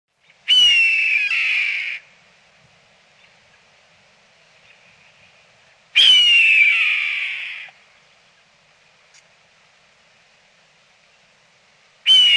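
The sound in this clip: Red-tailed hawk scream: a hoarse, harsh, downward-slurred screech lasting about a second and a half, given twice about six seconds apart, with a third beginning at the end; quiet in between.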